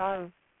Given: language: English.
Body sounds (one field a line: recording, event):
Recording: throat vibration sensor signal played as sound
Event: speech